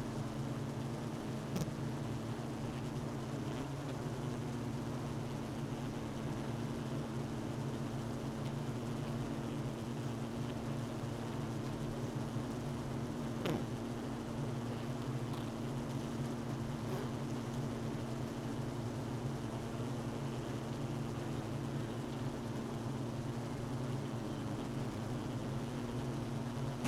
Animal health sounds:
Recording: honeybee colony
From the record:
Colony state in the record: missing queen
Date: 31 May 2018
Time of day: 12:29

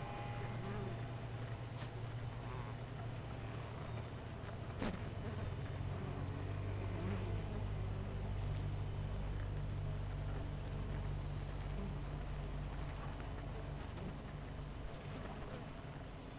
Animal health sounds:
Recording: honeybee colony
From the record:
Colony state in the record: missing queen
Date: 14 July 2017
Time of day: 8:31

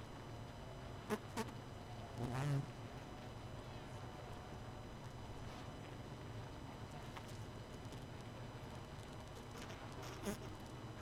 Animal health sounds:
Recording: honeybee colony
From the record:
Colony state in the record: missing queen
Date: 31 May 2018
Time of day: 23:38

